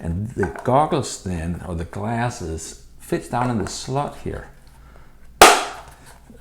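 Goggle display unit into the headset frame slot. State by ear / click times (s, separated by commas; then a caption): seated / 5.4 s. Someone talks while an FPV goggle monitor, the display unit, is pushed down into its slot on the head-mounted frame. A sharp click is heard at 5.4 seconds as the monitor snaps into place, and it is now installed.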